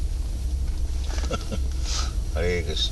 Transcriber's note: laughs